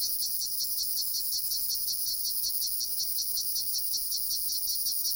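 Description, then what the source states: Cicada song, a continuous high buzz pulsed in a steady rapid rhythm, with no other clear sounds. Recorded at Jomsom, Nepal.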